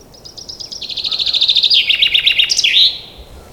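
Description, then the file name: Common chaffinch song: a quick run of high notes stepping down in pitch and closing with a sharp flourish, nearly three seconds, quiet background. "Fringilla coelebs"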